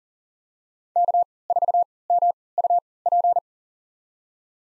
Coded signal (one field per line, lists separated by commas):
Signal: Morse code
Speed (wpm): 40 wpm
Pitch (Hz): 700 Hz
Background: none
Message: K4MUP